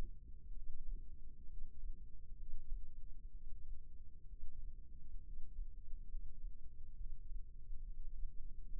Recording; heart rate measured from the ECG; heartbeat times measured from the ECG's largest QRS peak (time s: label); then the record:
heart sounds by microphone in the left ear; 66 bpm
0.55 s: heartbeat
1.50 s: heartbeat
2.39 s: heartbeat
3.33 s: heartbeat
4.29 s: heartbeat
5.25 s: heartbeat
6.11 s: heartbeat
6.98 s: heartbeat
7.85 s: heartbeat
8.72 s: heartbeat
From the record:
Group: healthy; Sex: male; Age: 22 years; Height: 181 cm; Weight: 79 kg